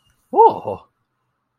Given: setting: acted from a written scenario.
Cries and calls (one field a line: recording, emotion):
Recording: vocal sound without words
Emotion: positive surprise